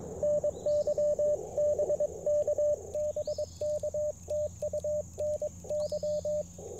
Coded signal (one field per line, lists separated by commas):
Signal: Morse code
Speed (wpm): 22 wpm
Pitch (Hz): 590 Hz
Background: radio noise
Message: NY BK BK TU NY